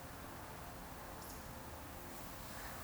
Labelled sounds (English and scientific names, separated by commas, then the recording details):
Eurasian Woodcock (Scolopax rusticola) whistle
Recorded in Baden-Württemberg, Germany, on 8 June 2020 at 19:59 UTC
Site 44842, 218 m above sea level